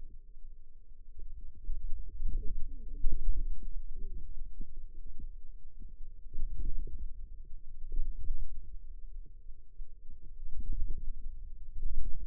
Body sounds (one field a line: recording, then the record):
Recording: forearm muscle sounds (acoustic myography)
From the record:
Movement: ulnar deviation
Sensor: system 2, bracelet of six BSWA MPA416 microphones around the upper forearm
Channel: 2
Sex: female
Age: 21 years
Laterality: right